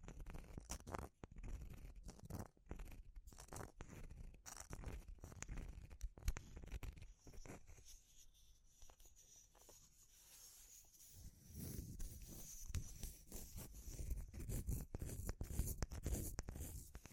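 Wood, bamboo and straw being handled, with dense, irregular crackling, scraping and tapping throughout. Sharp clicks and crunches come in rapid clusters, easing to quieter rustling around the eight to eleven second mark before building back to busy crackles.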